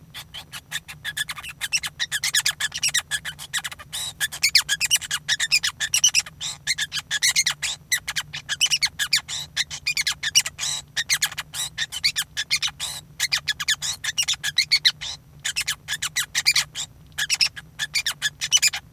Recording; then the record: song of a male Bengalese finch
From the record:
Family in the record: son of father 5